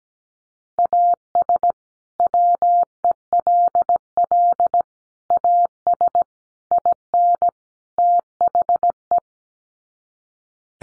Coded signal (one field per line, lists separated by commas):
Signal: Morse code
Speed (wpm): 17 wpm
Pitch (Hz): 700 Hz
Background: none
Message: AS WELL AS IN THE